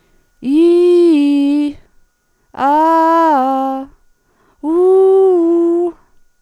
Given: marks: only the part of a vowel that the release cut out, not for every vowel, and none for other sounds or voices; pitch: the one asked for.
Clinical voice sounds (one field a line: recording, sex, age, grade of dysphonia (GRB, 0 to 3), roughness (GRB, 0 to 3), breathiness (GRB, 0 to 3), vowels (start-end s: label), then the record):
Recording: sustained vowels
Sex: female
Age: 40 to 49 years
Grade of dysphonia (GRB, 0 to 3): 0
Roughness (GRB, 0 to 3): 0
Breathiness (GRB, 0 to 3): 0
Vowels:
0.66-1.59 s: vowel /i/, low-high-low pitch
2.70-3.71 s: vowel /a/, low-high-low pitch
4.75-5.79 s: vowel /u/, low-high-low pitch
From the record:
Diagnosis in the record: recurrent laryngeal nerve paralysis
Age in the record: 41 years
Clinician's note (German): Links